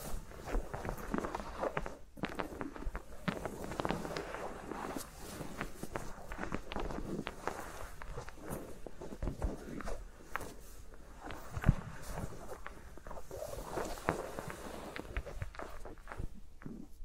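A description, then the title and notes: Fingers move around the microphones, with a dense, unbroken stream of rubbing, scratching and soft tapping that keeps an irregular, busy pace. A brief lull comes near two seconds, and a sharper tap stands out just before twelve seconds. ASMR with Mics Around My Fingers (No Talking).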